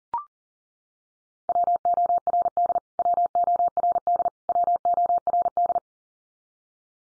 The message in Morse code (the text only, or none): WORD WORD WORD